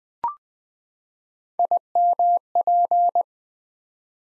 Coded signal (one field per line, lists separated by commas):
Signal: Morse code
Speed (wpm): 20 wpm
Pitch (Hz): 700 Hz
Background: none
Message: IMP